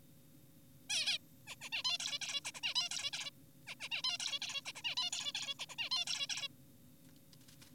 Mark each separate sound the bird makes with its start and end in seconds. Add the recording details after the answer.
0.90-1.18, 1.47-1.56, 1.61-1.70, 1.72-1.83, 1.85-1.98, 2.00-2.19, 2.22-2.41, 2.45-2.52, 2.55-2.61, 2.63-2.74, 2.76-2.89, 2.91-3.11, 3.13-3.30, 3.67-3.75, 3.80-3.89, 3.92-4.02, 4.04-4.18, 4.20-4.39, 4.42-4.62, 4.66-4.72, 4.76-4.82, 4.84-4.95, 4.97-5.10, 5.12-5.32, 5.35-5.55, 5.59-5.65, 5.70-5.76, 5.78-5.90, 5.91-6.05, 6.07-6.26, 6.30-6.48. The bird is an adult. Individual g4p5U